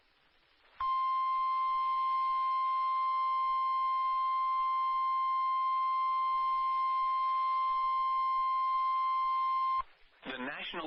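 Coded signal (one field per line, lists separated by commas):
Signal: Emergency Alert System (SAME) tones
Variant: 1050 Hz attention tone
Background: speech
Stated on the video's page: Special marine warning broadcast by NOAA weather radio station in Milwaukee, WI.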